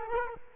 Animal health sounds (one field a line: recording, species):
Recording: mosquito wingbeat signal from an infrared sensor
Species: Culex quinquefasciatus